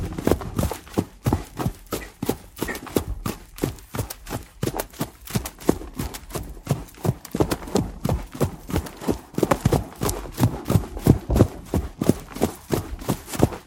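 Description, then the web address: Horse trotting, a long stream of soft thudding hoofbeats, quick and fairly even, with a few louder strikes standing out. Horse's feet trotting on grass at a steady pace. "chevalpiedstrotherbesteady"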